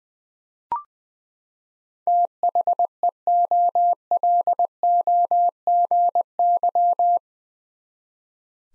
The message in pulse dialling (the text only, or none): none